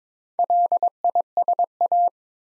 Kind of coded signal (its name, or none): Morse code